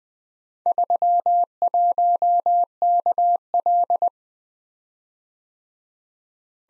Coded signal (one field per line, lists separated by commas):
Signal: Morse code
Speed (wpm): 20 wpm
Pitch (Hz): 700 Hz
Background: none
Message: 31KL